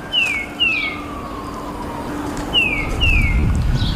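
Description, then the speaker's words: Tufted titmouse whistling clear downslurred notes in pairs, two quick falling whistles, a pause, then two more; a faint low hum underneath. Backyard in Malden, Massachusetts. "This is Jerry Barrier listening to a tufted titmouse in my backyard in Malden, Massachusetts."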